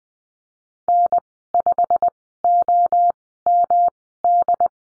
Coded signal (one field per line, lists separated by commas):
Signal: Morse code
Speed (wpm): 20 wpm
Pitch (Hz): 700 Hz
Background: none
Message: N5OMD